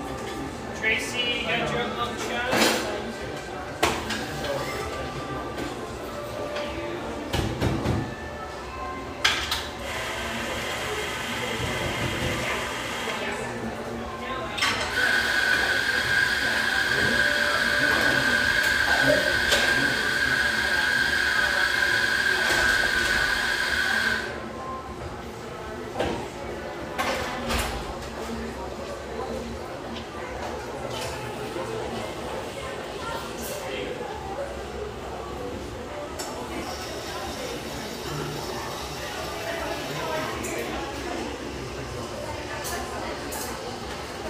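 Lively ambience in a rustic bayside coffeeshop, with a steady bed of overlapping voices and chatter throughout. From about 15 to 24 seconds a loud hissing, whirring machine sound rises over the talk, and scattered clinks and knocks of cups and objects pop up now and then.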